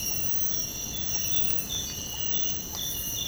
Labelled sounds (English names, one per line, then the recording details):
none
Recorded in secondary vegetation near Puerto Asís, Putumayo, Colombia, on 19 February 2024 at 05:30
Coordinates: 0.468, -76.324
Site G6381